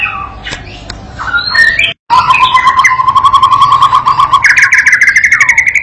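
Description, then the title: White-rumped shama song: a few whistles, a short gap, then long fast trills of repeated notes, first low then stepping higher. Young shama (murai batu paud) learning to sing in gacor style; master lure song used to train it and prompt it to answer at once. "MURAI BATU PAUD BELAJAR GACOR, AJARI DENGAN MASTERAN PANCINGAN INI, PANCING LANGSUNG NYAUT"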